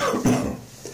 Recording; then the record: coughing mixed with background sound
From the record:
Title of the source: Spring Cold Coughing 3